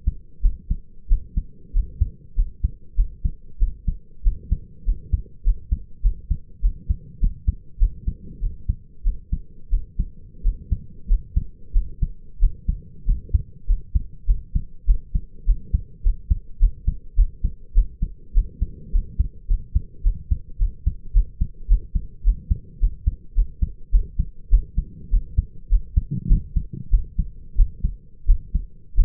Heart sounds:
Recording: heart sounds by stethoscope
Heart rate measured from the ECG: 99 bpm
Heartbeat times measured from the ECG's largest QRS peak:
0.42 s: heartbeat
1.08 s: heartbeat
1.73 s: heartbeat
2.35 s: heartbeat
2.96 s: heartbeat
3.59 s: heartbeat
4.23 s: heartbeat
4.85 s: heartbeat
5.44 s: heartbeat
6.02 s: heartbeat
6.61 s: heartbeat
7.20 s: heartbeat
7.79 s: heartbeat
8.40 s: heartbeat
9.03 s: heartbeat
9.70 s: heartbeat
10.43 s: heartbeat
11.08 s: heartbeat
11.73 s: heartbeat
12.40 s: heartbeat
13.06 s: heartbeat
13.67 s: heartbeat
14.26 s: heartbeat
14.86 s: heartbeat
15.46 s: heartbeat
16.03 s: heartbeat
16.59 s: heartbeat
17.16 s: heartbeat
17.74 s: heartbeat
18.34 s: heartbeat
18.92 s: heartbeat
19.47 s: heartbeat
20.03 s: heartbeat
20.58 s: heartbeat
21.13 s: heartbeat
21.68 s: heartbeat
22.24 s: heartbeat
22.80 s: heartbeat
23.35 s: heartbeat
23.92 s: heartbeat
24.50 s: heartbeat
25.10 s: heartbeat
25.69 s: heartbeat
26.28 s: heartbeat
26.90 s: heartbeat
27.56 s: heartbeat
28.26 s: heartbeat
28.95 s: heartbeat
From the record:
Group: healthy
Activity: cold pressor test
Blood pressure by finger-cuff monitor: 89/61 mmHg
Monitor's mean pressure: 73 mmHg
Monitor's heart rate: 97 bpm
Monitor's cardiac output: 6.4 L/min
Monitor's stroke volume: 66 mL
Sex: male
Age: 22 years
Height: 181 cm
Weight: 60 kg

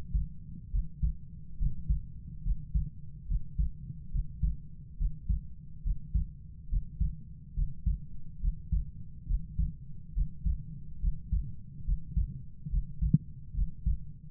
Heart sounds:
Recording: heart sounds by stethoscope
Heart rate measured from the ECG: 70 bpm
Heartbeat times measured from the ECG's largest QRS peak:
0.71 s: heartbeat
1.58 s: heartbeat
2.43 s: heartbeat
3.27 s: heartbeat
4.11 s: heartbeat
4.98 s: heartbeat
5.83 s: heartbeat
6.69 s: heartbeat
7.55 s: heartbeat
8.41 s: heartbeat
9.27 s: heartbeat
10.14 s: heartbeat
11.00 s: heartbeat
11.85 s: heartbeat
12.70 s: heartbeat
13.55 s: heartbeat
From the record:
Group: healthy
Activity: breath hold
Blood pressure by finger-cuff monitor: 106/50 mmHg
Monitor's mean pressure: 68 mmHg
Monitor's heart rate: 70 bpm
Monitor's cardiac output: 7 L/min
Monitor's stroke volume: 100 mL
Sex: female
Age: 22 years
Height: 160 cm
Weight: 63 kg

